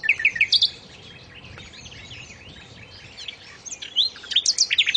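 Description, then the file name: Common nightingale song, quick bursts of high chirps and trills opening and closing the phrase, with softer twittering in between. "suara burung nightingale om kicau"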